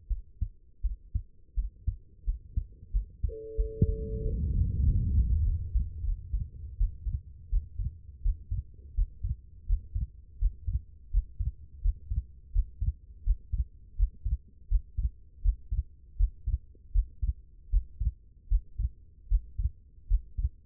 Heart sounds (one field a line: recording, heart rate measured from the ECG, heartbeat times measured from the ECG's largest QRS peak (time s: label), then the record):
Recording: heart sounds by stethoscope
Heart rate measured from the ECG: 84 bpm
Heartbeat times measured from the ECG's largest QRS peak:
0.08 s: heartbeat
0.82 s: heartbeat
1.55 s: heartbeat
2.25 s: heartbeat
2.92 s: heartbeat
3.56 s: heartbeat
4.23 s: heartbeat
4.85 s: heartbeat
5.44 s: heartbeat
6.05 s: heartbeat
6.78 s: heartbeat
7.49 s: heartbeat
8.22 s: heartbeat
8.94 s: heartbeat
9.66 s: heartbeat
10.38 s: heartbeat
11.10 s: heartbeat
11.81 s: heartbeat
12.52 s: heartbeat
13.23 s: heartbeat
13.96 s: heartbeat
14.68 s: heartbeat
15.41 s: heartbeat
16.16 s: heartbeat
16.92 s: heartbeat
17.70 s: heartbeat
18.48 s: heartbeat
19.28 s: heartbeat
20.07 s: heartbeat
From the record:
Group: healthy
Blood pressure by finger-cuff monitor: 98/56 mmHg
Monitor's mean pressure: 74 mmHg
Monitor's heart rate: 83 bpm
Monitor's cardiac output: 7.1 L/min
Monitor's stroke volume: 87 mL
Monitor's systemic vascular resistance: 730 dyn s/cm5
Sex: female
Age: 22 years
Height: 161 cm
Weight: 65.5 kg